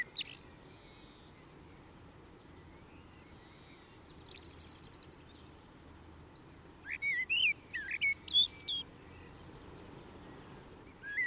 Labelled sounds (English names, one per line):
Common Blackbird song